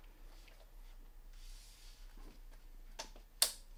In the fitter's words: and just go until it clicks this tor wrench when you hit 5 newton meters it gives you a very defined click